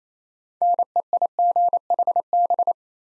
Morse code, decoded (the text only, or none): NEIGHB